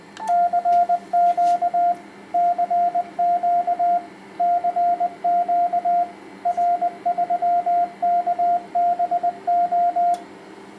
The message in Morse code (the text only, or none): CQ CQ CQ R3KBO